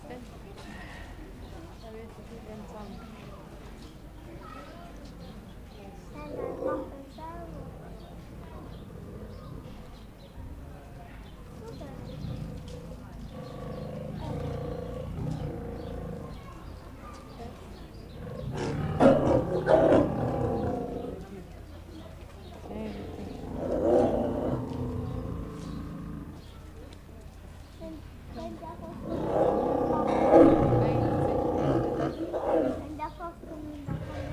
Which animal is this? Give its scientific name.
Panthera leo